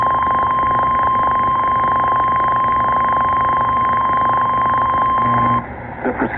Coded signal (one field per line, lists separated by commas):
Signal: Emergency Alert System (SAME) tones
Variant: 1050 Hz attention tone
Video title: Required Weekly Test First One of 2026 EAS 143-146